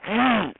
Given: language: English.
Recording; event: throat vibration sensor signal played as sound; throat clearing